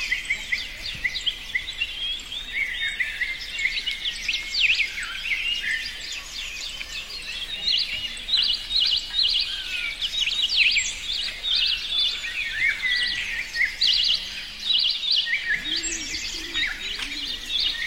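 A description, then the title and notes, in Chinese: Forest birdsong fills the whole clip, a dense, overlapping chorus of bright chirps and trills from several birds at once. The calling is steady throughout, over a quiet low rumble, with a brief lower warble near the sixteenth second. 森林鸟鸣声。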